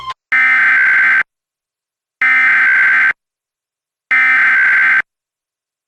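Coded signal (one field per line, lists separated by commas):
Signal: Emergency Alert System (SAME) tones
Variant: header bursts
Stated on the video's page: Fictional mock civil emergency message using valid EAS tones, made with EASyCAP.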